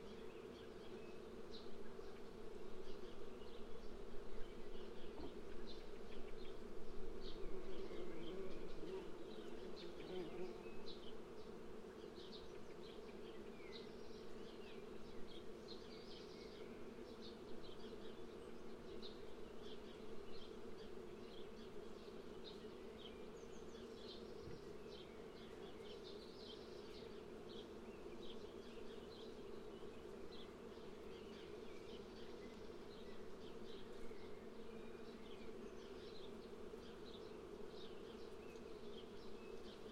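Bees buzz in a linden tree, a dense, steady hum made of many overlapping wings with a low drone and brighter whine above. The swarm sounds slightly fuller in the first ten seconds, then settles to an even level, with faint chirps flickering on top throughout.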